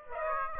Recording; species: mosquito wingbeat signal from an infrared sensor; Aedes aegypti